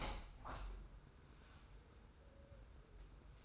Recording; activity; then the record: daily activity, microphone in the room; open window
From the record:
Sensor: 2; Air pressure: 990.3 hPa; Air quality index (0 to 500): 193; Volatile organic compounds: 1000 ppm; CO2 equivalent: 6145 ppm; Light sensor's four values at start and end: 23/55/22/22 and 23/55/22/22